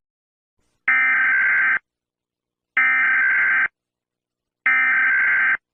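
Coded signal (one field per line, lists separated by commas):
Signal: Emergency Alert System (SAME) tones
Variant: header bursts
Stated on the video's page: Fictional EAS scenario.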